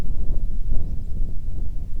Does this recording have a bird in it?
no